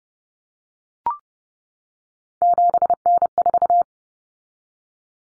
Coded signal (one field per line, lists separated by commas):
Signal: Morse code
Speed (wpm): 30 wpm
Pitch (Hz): 700 Hz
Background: none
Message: 7N4